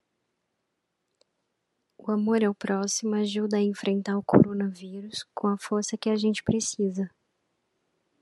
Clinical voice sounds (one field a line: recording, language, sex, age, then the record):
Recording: spoken sentence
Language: Brazilian Portuguese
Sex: female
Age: 30 to 39 years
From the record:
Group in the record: control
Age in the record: 38 years